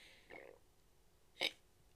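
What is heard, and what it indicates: A brief voiced syllable in the middle of a sentence is followed about a second later by one abrupt, sharp, throaty click-like burst: a single hiccup from an adult, a sudden involuntary spasm that snaps the vocal cords shut, interrupting speech in a quiet room.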